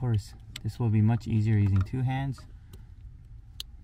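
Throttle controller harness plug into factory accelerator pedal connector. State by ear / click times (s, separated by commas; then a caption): seated / 3.6 s. A throttle response controller harness plug is pushed into the factory accelerator pedal connector on a Lexus GX 460 using one hand. Someone talks over a low background hum, then the plug locks in with a sharp plastic click at 3.6 seconds, fully seated.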